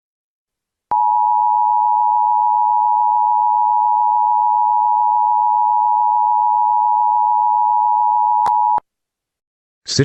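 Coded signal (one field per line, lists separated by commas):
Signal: Emergency Alert System (SAME) tones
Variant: 853 and 960 Hz attention tone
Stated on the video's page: Fictional alert scenario using valid tones.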